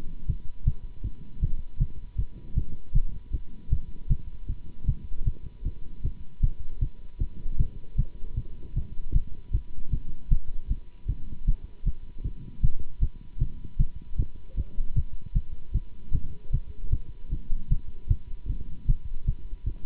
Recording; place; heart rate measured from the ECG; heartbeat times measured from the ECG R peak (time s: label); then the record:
heart sounds by stethoscope; between the tricuspid and mitral areas; 155 bpm
0.28 s: heartbeat
0.66 s: heartbeat
1.03 s: heartbeat
1.41 s: heartbeat
1.79 s: heartbeat
2.17 s: heartbeat
2.55 s: heartbeat
2.94 s: heartbeat
3.32 s: heartbeat
3.71 s: heartbeat
4.09 s: heartbeat
4.48 s: heartbeat
4.87 s: heartbeat
5.25 s: heartbeat
5.64 s: heartbeat
6.03 s: heartbeat
6.42 s: heartbeat
6.81 s: heartbeat
7.19 s: heartbeat
7.58 s: heartbeat
7.97 s: heartbeat
8.36 s: heartbeat
8.75 s: heartbeat
9.14 s: heartbeat
9.53 s: heartbeat
9.91 s: heartbeat
10.30 s: heartbeat
10.69 s: heartbeat
11.08 s: heartbeat
11.46 s: heartbeat
11.85 s: heartbeat
12.23 s: heartbeat
12.62 s: heartbeat
13.01 s: heartbeat
13.39 s: heartbeat
13.78 s: heartbeat
14.17 s: heartbeat
14.56 s: heartbeat
14.95 s: heartbeat
15.34 s: heartbeat
15.73 s: heartbeat
16.13 s: heartbeat
16.52 s: heartbeat
16.91 s: heartbeat
17.31 s: heartbeat
17.70 s: heartbeat
18.09 s: heartbeat
18.48 s: heartbeat
18.87 s: heartbeat
19.26 s: heartbeat
19.66 s: heartbeat
From the record:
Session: Bruce protocol treadmill stress test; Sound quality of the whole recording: good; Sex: male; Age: 24 years